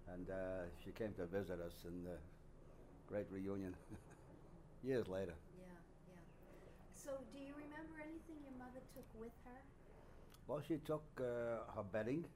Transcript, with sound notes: And she came to visit us in the great reunion (he laughs)
Yeah. Yeah. So do you remember anything your mother took with her?
Well, she took her bedding,